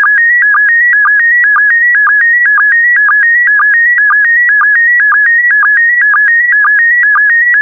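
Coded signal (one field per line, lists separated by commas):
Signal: SSTV (slow-scan television)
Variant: PD120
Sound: steady warbling tones shifting in pitch, with a short low blip twice a second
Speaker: complete. You can now check your decoded image against the picture that is shown on the video.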